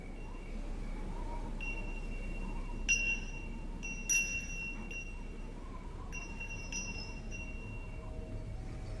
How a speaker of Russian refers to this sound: Подвешенные на веревках стеклянные пузырьки, ракушки, другие безделушки и колышись на ветру издают звук.